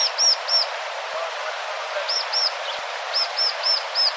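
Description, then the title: Bar-winged prinia song: high, clear arched notes in quick runs of two to four, repeated with short pauses, over a steady hiss of background noise. "ciblek"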